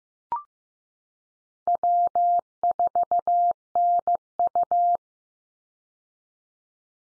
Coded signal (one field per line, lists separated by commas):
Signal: Morse code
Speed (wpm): 15 wpm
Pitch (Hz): 700 Hz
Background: none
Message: W4NU